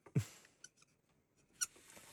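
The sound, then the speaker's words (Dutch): A marker pen squeaks across a hard tile surface in a few short, high-pitched bursts with pauses between, including a louder strong squeak near the start and another later on. “We horen het gepiep van de stem, van de stift.”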